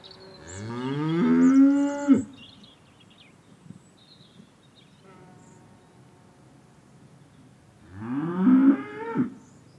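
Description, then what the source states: Cow mooing twice, a long rising then level moo lasting about two seconds, a quiet pause, then a second shorter moo near the end. Persistent cow.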